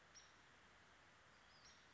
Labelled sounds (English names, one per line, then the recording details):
Western Flycatcher
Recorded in Sonoma County, California